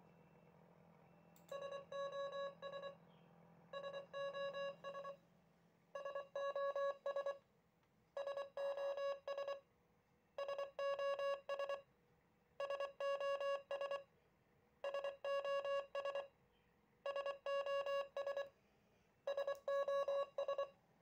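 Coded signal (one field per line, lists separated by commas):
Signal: Morse code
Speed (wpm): 24 wpm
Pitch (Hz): 560 Hz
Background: none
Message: SOS SOS SOS SOS SOS SOS SOS SOS SOS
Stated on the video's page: Morse code generated by an Arduino Uno, encoding data sent from a PC.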